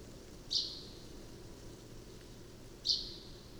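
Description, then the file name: Common chaffinch calls: two short, sharp high notes about two seconds apart, against a steady background hiss. "Fringilla coelebs"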